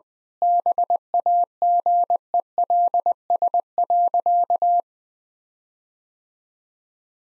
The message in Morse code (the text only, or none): BAGELS.